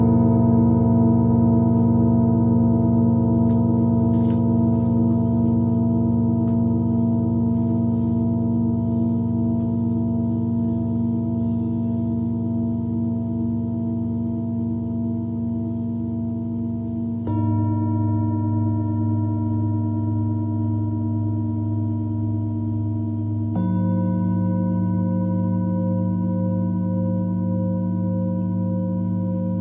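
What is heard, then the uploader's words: A Tibetan singing bowl rings with a deep, steady hum and layered overtones that slowly fade. Fresh strikes at about 17 and 23 seconds renew the tone, shifting its pitch slightly. A few faint clicks appear early on. Tibetan Singing Bowl のサウンドヒーリングLIVE.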